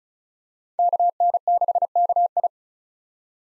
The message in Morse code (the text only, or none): KN6KI